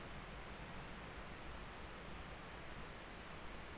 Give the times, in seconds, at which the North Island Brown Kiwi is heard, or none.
none